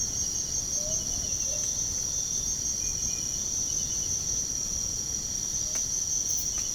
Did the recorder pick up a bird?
yes